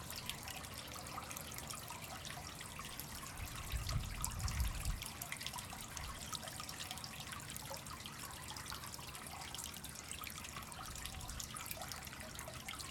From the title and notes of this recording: The cube sits in a reflection pool, about an eighth of an inch deep with water, that flows continuously from the base of the cube outwards. This particular audio clip was recorded on a Sunday at 10 AM, which represents a particularly quiet time on CMC's campus. This recording was taken using the Shure MV88 portable microphone, which attaches to an iPhone and operates via an iOS app.